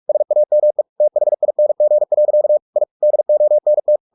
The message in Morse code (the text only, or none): SAME THING. I DONT